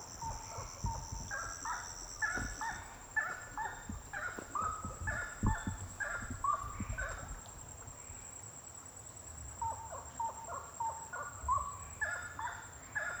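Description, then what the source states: Birds giving bursts of short, repeated harmonic notes that pause midway and resume, with scattered low knocks and a continuous high drone. Birds singing at night, intense song.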